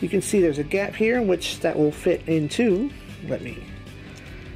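A plastic blade part is handled next to a gap in the arm of a small capsule-toy model, Plebpla Terminus Type R606. Someone talks over faint background music for about three seconds, then it goes quieter. The clip ends before the blade is pressed in, and nothing has seated or clicked yet.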